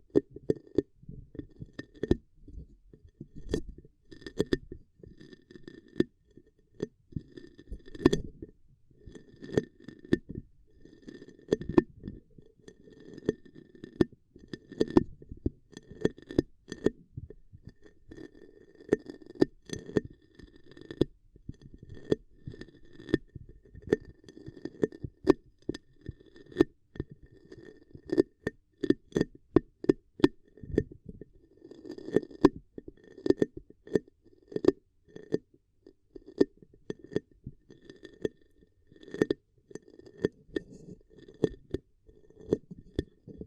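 Ear cupping triggers: a steady stream of muffled, low rustling and hollow cupping sounds fills all 43 seconds. Frequent short taps and crackles break through irregularly, sometimes in quick bursts, with a faint thin tone sitting faintly above throughout.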